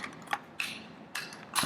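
Holding the trigger back to drop the sear, someone pushes the trigger and grip frame assembly of an Erma EMP36 submachine gun into its receiver. Short metallic ratcheting clicks sound throughout, and the assembly seats with a sharp click at 0.6 s.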